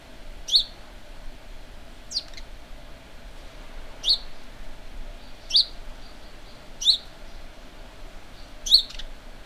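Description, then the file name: House sparrow giving short, bright chirps, one roughly every one and a half seconds, six in all, over a low steady background hum. "Passer domesticus"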